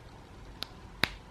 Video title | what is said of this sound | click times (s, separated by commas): First Impressions⎮NEW Dior Backstage Products! | it does have a little click I don't know if you guys heard that | 1.0 s